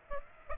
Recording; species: mosquito wingbeat signal from an infrared sensor; Aedes aegypti